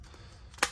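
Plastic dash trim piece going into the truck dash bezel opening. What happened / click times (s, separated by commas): The plastic trim piece snapped into place / 0.6 s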